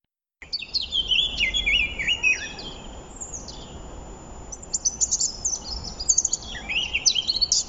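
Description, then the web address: Eurasian blackcap song of fast scratchy warbling and sweet whistled notes, loudest early, then softer twittering phrases before a final bright burst. "SETE Sylvia atricapilla"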